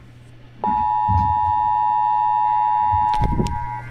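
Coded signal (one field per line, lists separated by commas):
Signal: Emergency Alert System (SAME) tones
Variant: 853 and 960 Hz attention tone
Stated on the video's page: Severe thunderstorm warning carried on weather radio station WXJ53 and a broadcast station.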